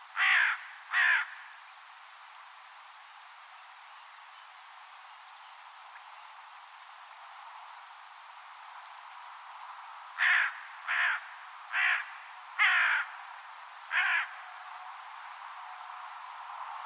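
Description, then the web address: Bird giving a series of hoarse caws: two at the start, a long pause, then five in fairly quick succession. "Deverinetal 2025 File origin Bird Only"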